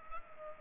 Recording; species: mosquito wingbeat signal from an infrared sensor; Culex pipiens